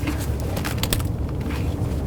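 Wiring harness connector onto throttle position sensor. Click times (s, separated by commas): 0.8 s, 0.9 s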